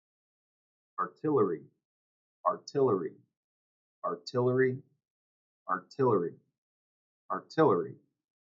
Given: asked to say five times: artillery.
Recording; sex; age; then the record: repeated word; male; 20 to 29 years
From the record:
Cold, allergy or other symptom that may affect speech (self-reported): no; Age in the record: 29 years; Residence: Illinois, United States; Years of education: 20